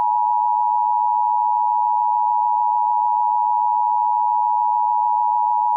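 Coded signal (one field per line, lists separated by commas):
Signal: Emergency Alert System (SAME) tones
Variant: 853 and 960 Hz attention tone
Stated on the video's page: Fictional corruption EAS scenario with glitch effects, simulated rather than a real broadcast.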